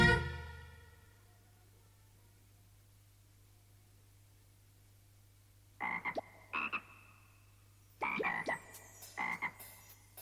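A frog croaks in short, raspy bursts, first a pair of single calls and then a quicker cluster of several, over a steady low hum after a fading tonal chime at the start.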